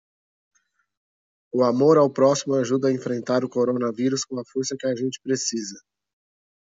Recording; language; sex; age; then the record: spoken sentence; Brazilian Portuguese; male; 30 to 39 years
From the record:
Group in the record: control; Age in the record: 36 years